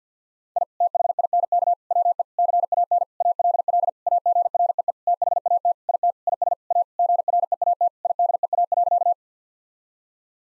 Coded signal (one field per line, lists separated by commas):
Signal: Morse code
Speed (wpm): 50 wpm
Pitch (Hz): 700 Hz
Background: none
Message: I THINK WE CAN ALL AGREE THAT IT IS A GREAT IDEA.